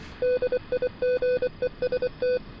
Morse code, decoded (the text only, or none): DIGEST